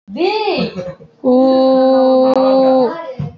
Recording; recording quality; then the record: sustained vowel as in boot; poor, much background noise or distortion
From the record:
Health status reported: healthy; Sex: female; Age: 25 years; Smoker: no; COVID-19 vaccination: both doses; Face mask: worn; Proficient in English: yes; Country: India